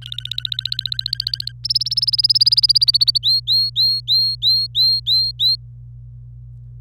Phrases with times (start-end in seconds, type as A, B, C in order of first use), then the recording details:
0.02-1.52 A, 1.64-3.18 B, 3.23-5.55 C. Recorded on 26 April 2018 at 08:59. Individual llb3